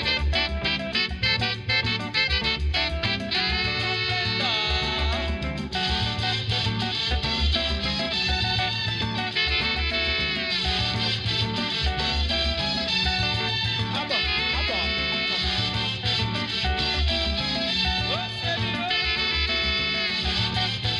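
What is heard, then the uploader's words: Congolese rumba plays at a steady, unbroken loudness, with a firm low bass pulse repeating in regular patterns. Bright, quick guitar-like melodic lines ripple over the top, and a voice seems to come and go among the dense instruments. A 56 minute radio show broadcast in Bristol UK.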